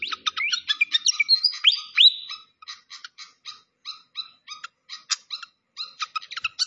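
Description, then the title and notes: Malaysian pied fantail song: a quick rush of chirps and rising whistles in the first two seconds, then spaced single chirps. Masteran training recording for songbirds, clear voice. "Masteran Sikatan Kipas Suara Jernih Dan Suara Gemericik Air. Suara Burung Sikatan Londo"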